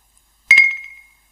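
Two quick bright clinks of a drinking glass striking glass in a toast, followed by a clear high ringing tone that slowly fades out over about half a second. No voices.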